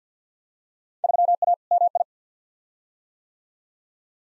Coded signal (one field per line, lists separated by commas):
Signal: Morse code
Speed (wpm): 48 wpm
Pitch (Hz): 700 Hz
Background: none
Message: 3A MI